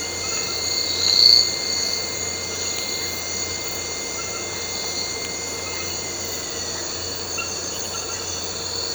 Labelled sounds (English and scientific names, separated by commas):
none